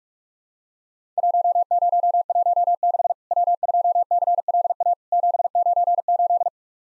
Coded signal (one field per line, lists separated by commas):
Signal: Morse code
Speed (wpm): 48 wpm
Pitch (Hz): 700 Hz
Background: none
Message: 1016 W2CLA 798